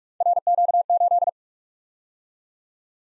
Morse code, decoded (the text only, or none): RQ8